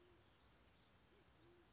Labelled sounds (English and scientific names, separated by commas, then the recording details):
Band-tailed Pigeon (Patagioenas fasciata)
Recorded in Sonoma County, California